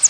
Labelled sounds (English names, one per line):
Northern Parula flight call